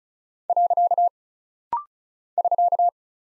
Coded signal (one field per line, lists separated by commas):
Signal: Morse code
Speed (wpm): 36 wpm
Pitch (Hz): 700 Hz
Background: none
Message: . <SK>